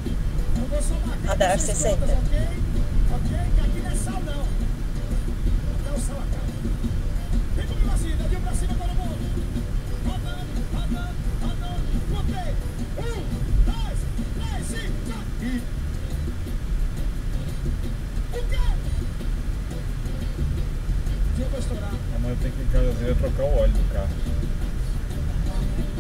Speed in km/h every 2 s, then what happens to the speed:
63, 58, 52, 51, 50, 48, 46, 41, 39, 38, 38, 40, 42.
0-4 slows to 52. 4-11 steady at about 50. 11-16 slows to 39. 16-26 steady at about 39.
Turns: none.